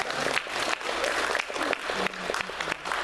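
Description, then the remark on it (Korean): A church audience at a Sunday service at Cherry Hill Presbyterian Church applauds with steady, dense clapping throughout, a broad crackling wash that holds fairly even in loudness, with a few faint voices murmuring underneath. “그런 의미에서 우리 박수, 격려합니다.”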